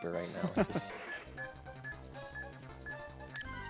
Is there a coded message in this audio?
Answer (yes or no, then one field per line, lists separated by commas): no